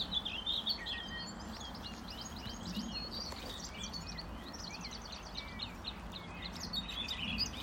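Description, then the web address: Bird song of quick, high, chirping notes in rapid bursts, several overlapping, over a steady rushing background noise. Recorded 16 June 2024, 12:20 PM. "bird-song-2024-06-16-1220 PM"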